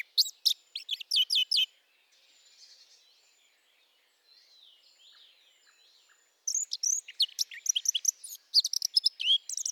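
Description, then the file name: Eurasian blackcap warbling in brisk bursts at the start and end, with a soft, lower background twitter in the quiet middle section. "Sylvia atricapilla"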